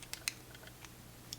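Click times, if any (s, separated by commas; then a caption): none. The forked end of a strap tool pushes the second spring bar of a leather strap down into the watch case lug. A few faint, sharp ticks come over a low steady hum, the loudest just under 0.3 seconds. The part is still being handled, and nothing has seated or clicked yet.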